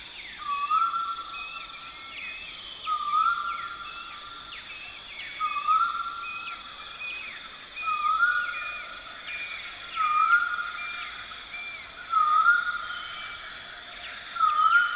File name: pacific koel call